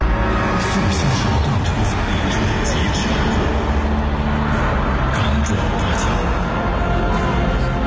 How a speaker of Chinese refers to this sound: 近3000平方米的投影墙上，用 3D 投影技术呈现出一幅幅大气恢宏的科技史画卷。这样的开场秀让现场不断响起惊呼声。